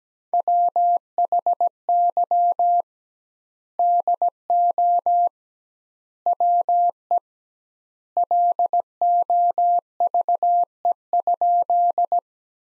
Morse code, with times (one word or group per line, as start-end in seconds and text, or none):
0.3-2.8 WHY
3.8-5.3 DO
6.3-7.2 WE
8.2-12.2 LOVE?